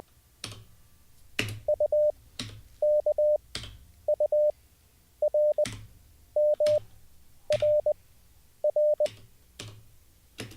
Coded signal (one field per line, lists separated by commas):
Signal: Morse code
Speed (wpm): 20 wpm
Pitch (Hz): 600 Hz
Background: none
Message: U K U R M R R